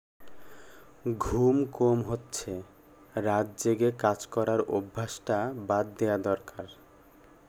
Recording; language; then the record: elicited speech; Bengali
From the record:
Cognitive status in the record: cognitively healthy